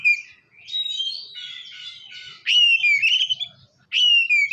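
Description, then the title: Oriental magpie-robin giving a brief whistle, a quieter warbled passage, then two loud descending whistled phrases. "kacer"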